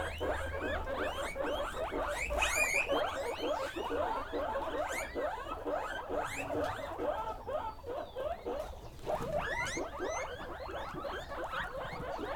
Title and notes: Yanuna_Paisajes. CORRAL_CUY. Sonidos grabados durante la residencia "Yanuna de sonidos, Laboratorio de experimentación y creación sonora alrededor de las cocinas tradicionales de Pujilí." en Pujilí - Ecuador 2019